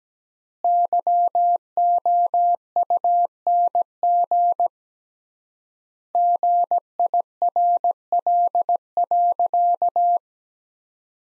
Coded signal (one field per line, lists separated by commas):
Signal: Morse code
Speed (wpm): 17 wpm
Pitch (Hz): 700 Hz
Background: none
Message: YOUNG GIRL.